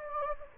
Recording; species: mosquito wingbeat signal from an infrared sensor; Anopheles gambiae